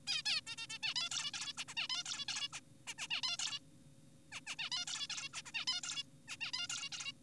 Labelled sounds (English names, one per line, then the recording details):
Zebra Finch
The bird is an adult
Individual g4p5U